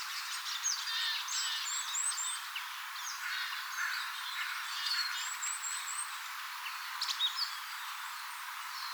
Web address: siella on pikkulintuparven taustalla suuri vihervarpusparvi ilmeisestikin. 8 9 2025